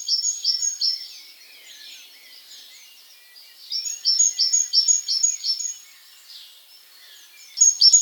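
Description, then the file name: Great tit singing bright, rhythmic runs of repeated high notes in short bursts separated by pauses. "Parus major"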